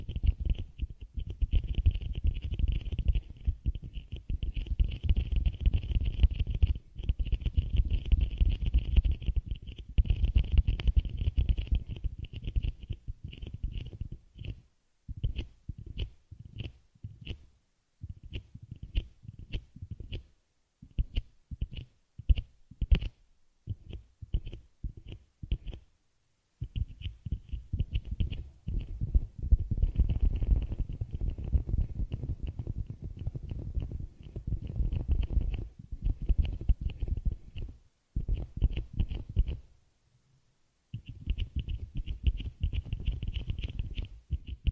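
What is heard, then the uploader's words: Ear cleaning with dense scratching and crinkling, low rumbly rubbing and a bright rustle, broken by short pauses, including near 26 and 40 seconds. This video includes tapping, scratching, crinkle sound, ear cleaning and more.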